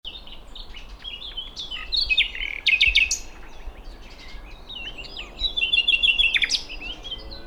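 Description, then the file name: Common nightingale song: varied warbling phrases with sharp clicks and a fast rattling trill, then a high whistled run, over faint steady hiss. "Luscinia megarhynchos"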